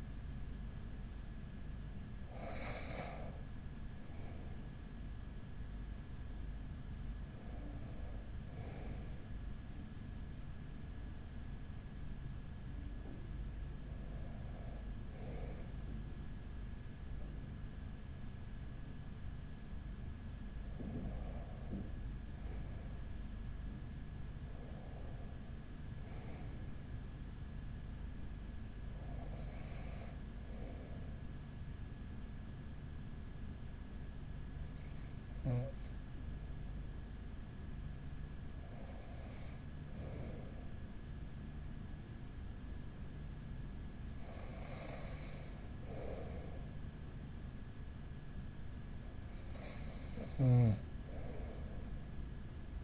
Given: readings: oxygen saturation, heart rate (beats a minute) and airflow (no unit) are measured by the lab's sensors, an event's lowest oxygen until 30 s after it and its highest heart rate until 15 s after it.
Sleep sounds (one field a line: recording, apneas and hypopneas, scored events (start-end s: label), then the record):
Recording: breathing in sleep by a smartphone at the bedside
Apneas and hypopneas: 1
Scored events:
7.00-26.10 s: hypopnea (N1, oxygen 95% highest, then 94% lowest)
From the record:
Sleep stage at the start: N1 (lightest sleep)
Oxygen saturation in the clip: 94 to 95%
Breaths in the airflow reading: 11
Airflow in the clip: -4.4 to 4.2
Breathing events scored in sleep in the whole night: 207 in 7.6 hours asleep